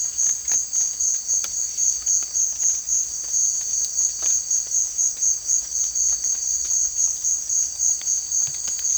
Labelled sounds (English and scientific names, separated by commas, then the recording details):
none
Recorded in secondary vegetation near Puerto Asís, Putumayo, Colombia, on 25 June 2025 at 15:00
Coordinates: 0.499, -76.323
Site G077